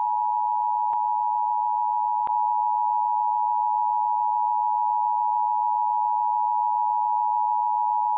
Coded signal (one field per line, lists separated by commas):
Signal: Emergency Alert System (SAME) tones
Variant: 853 and 960 Hz attention tone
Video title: USA Eas Alarm But With Tornado Sounds in the backround